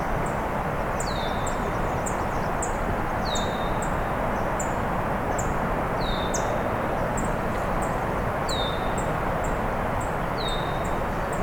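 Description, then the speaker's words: Red-winged Blackbird calling, a clear downslurred whistle repeated at regular intervals, with faint high notes above and steady wind noise throughout. Calling on and on for a while at a large, windy wetland along a road allowance skirting national park lands. "Red-winged blackbird's been going on and on for a while."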